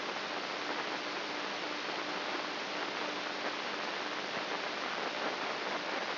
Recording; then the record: brain microelectrode recording played as sound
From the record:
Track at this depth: inside the subthalamic nucleus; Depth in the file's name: 5.283 mm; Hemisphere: left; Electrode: 3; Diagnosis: Parkinson's disease